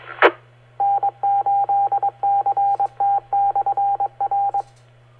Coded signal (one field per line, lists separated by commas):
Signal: Morse code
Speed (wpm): 22 wpm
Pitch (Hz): 800 Hz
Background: radio noise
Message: E N8CT/R